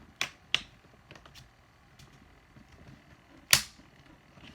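A plastic screen bezel on an HP Pavilion 15-P100DX laptop is pressed back onto the display lid. Its retaining clips snap into place with sharp clicks at 0.5 s and 3.5 s, and a few fainter taps are heard in between. The bezel is seated back in place.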